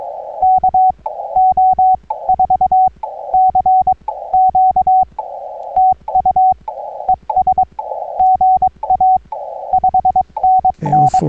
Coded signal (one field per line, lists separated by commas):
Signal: Morse code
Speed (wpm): 22 wpm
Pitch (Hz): 750 Hz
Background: radio noise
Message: KO4CQ TU ES GA 5NN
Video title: CW POTA Activation and a look around Victoria Springs State Rec Area US-3376